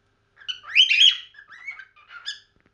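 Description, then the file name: Cockatiel chirping: a warbled, slurred run of harmonic chirps lasting about two seconds, loudest near the start, then softer rising and falling notes. "whatsapp cockatiel"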